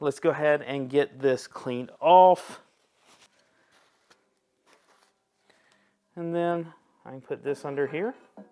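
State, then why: Not seated. Someone talks while handling the resin vat of an ANYCUBIC Photon Mono X 6K resin 3D printer, preparing to slide it under the build platform onto the printer's LCD frame. Between the talk there are only a few faint, brief taps and handling noises. Nothing has seated or clicked yet; the vat has not locked into place by the end of the clip.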